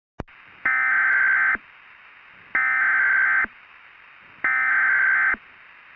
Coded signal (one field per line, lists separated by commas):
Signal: Emergency Alert System (SAME) tones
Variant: header bursts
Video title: EAS